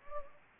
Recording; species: mosquito wingbeat signal from an infrared sensor; Anopheles gambiae